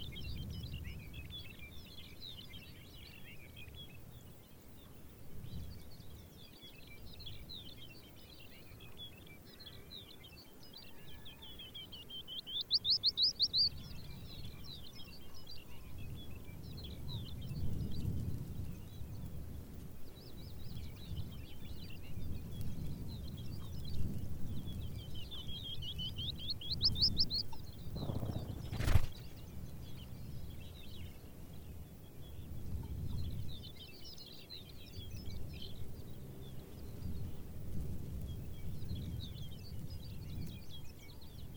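Birds sing in repeated bright phrases throughout, with clearer trilling bursts around 13 and 27 seconds and again near 34. A steady low rumble of wind runs underneath, swelling at times, and a single sharp click lands just before 29 seconds.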